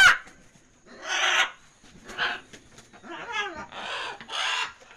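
Parrot giving harsh, raspy squawks in separate bursts about a second apart, some buzzy and others wavering, over a faint steady high tone.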